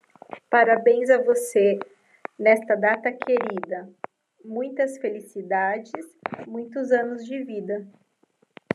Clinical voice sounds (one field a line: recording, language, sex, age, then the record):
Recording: short text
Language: Brazilian Portuguese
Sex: female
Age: 40 to 49 years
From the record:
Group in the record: control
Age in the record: 40 years